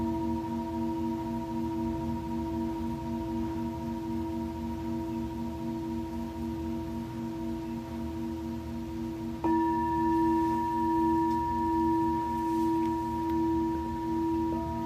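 A singing bowl hums with a steady, sustained ring, its low tone pulsing in a slow, even wobble beneath clear higher overtones. Just past the midpoint a fresh strike lifts the volume and adds brighter tones that hang on to the end.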